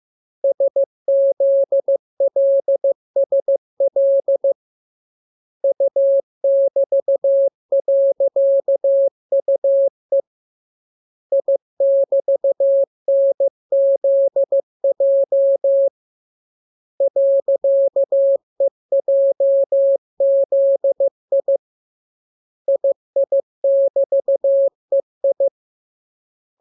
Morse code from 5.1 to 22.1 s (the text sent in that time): U<BT>.UE I<BT>NZJ .EJZI